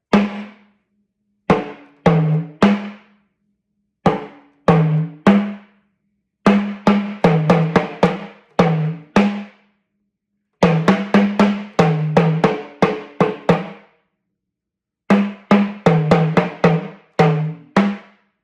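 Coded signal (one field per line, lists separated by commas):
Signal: talking drum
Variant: Yoruba, sakara drum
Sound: resonant drum strokes in speech-like phrases, pitch stepping between two or three tones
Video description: Playing "O fẹ ba ararẹ l'ẹnu jẹ aja to gbe egungun ajanaku" with the Yoruba Orunsha Sakara talking drum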